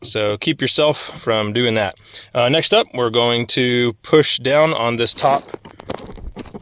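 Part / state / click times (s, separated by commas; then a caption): fuel pump wiring harness connector unplugging from the fuel pump/sending unit connector on top of the fuel tank / released / 5.9 s. Someone talks while pushing down on the top locking tab of a plastic fuel pump wiring harness connector, unplugging it from the fuel pump/sending unit connector on top of the fuel tank. The connector lock clicks open at 5.9 s, releasing it, followed by a few faint handling ticks.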